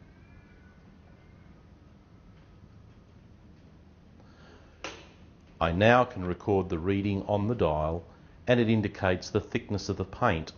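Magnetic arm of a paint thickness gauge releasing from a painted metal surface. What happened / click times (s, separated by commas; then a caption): The small magnetic arm clicked free of the surface / 4.8 s. The dial of a banana-type paint thickness gauge is turned slowly clockwise until its magnetic arm lets go of the painted metal surface with a short click at 4.8 seconds, the second click, which marks where the thickness reading is taken. Someone talks from about 5.6 seconds onward over a low steady background hum.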